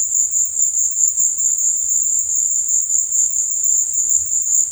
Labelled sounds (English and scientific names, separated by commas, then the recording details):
none
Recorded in dense forest near Puerto Asís, Putumayo, Colombia, on 22 December 2024 at 16:30
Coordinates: 0.468, -76.322
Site G071